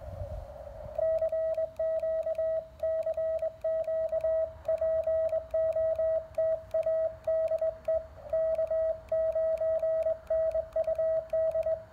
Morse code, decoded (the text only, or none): CQ CQ POTA DE K9NUD